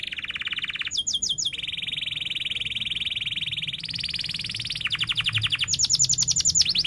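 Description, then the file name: Canary song in rapid rolling trills, tours of fast repeated notes at changing pitches, with a sharper high chattering burst near the start. Canary singing actively (gacor) with chirping cuit-cuit notes and sharp rolling trills (ngerol). "Suara Kenari Gacor Cuit Cuit Ngerol Tajam"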